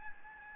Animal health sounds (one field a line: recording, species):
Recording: mosquito wingbeat signal from an infrared sensor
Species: Aedes albopictus